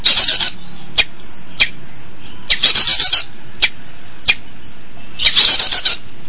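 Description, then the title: Long-tailed shrike song: harsh raspy bursts separated by single sharp high clicks. Combination song. "Cendet Kombinasi"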